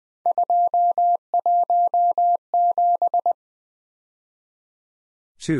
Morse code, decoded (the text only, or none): 217